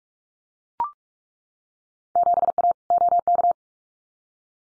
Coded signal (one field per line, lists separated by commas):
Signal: Morse code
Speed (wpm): 44 wpm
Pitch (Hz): 700 Hz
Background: none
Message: 7A OK